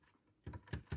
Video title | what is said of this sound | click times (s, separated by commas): Acer aspire 5750 teardown | Little click there so you know it'll be back in. | 0.7 s